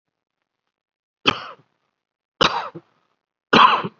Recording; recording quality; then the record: shallow voluntary cough; excellent, no background noise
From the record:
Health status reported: COVID-19 positive, mild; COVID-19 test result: positive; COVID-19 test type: RT-PCR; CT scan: taken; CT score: 5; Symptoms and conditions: cough, hypertension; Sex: male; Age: 38 years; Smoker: no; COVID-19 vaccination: none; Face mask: not worn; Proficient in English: yes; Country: India